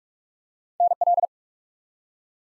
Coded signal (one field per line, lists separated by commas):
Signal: Morse code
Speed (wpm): 44 wpm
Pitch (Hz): 700 Hz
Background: none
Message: NL